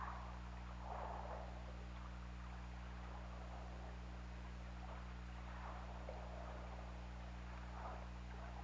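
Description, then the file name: Killer whale calls, a few hazy mid-pitched bursts over steady hiss and low droning hum. OrcaLab hydrophone recording, 16 February 2018, 16:36:03. "Orca Lab UTLN JASON 20180216 163603"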